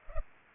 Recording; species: mosquito wingbeat signal from an infrared sensor; Culex pipiens